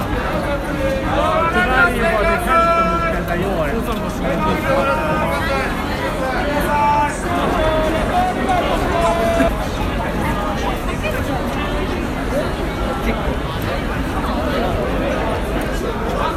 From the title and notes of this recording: Recorded of the sounds, noises and atmosphere at Shibuya Halloween Crowd 2021. Arranged using only the sound materials, not added other sounds from any instruments, synthesizer, modular and so on.